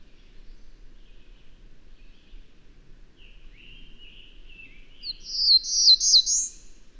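Bird song: faint low warbling notes build into a loud, high, rapidly modulated trilling phrase in the last two seconds.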